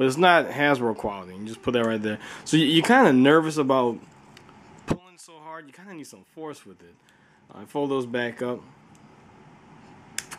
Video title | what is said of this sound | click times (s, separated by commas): TF Review 040 - Fansproject Explorer & Munitioner Pt. 1 | click his feet in place i was also confused about that at first too his feet do click in place | 10.2 s